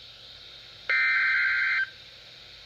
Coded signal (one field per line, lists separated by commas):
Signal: Emergency Alert System (SAME) tones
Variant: header bursts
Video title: {EXTREMELY RARE} EAS #796-797 - WXL39 and KIH28 Required Weekly Tests READ BY A HUMAN!!!! 7-30-2014